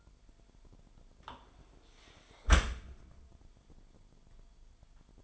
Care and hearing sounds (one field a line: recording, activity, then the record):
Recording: daily activity, microphone in the room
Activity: close dishwasher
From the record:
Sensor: 5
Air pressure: 998.3 hPa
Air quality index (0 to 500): 88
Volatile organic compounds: 2 ppm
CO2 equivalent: 1002 ppm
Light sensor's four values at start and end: 19/46/19/21 and 19/45/19/21